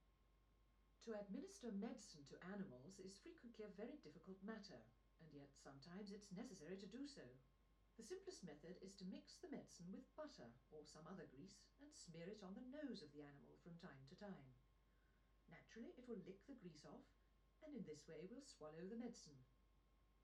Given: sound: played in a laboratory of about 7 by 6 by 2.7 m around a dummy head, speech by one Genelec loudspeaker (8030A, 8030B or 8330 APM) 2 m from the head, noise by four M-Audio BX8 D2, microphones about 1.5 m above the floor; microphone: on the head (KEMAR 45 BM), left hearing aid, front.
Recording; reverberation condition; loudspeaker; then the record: female speech in English; low; 90 degrees to the right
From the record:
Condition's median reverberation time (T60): about 310 ms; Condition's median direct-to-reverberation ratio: about 3.5 dB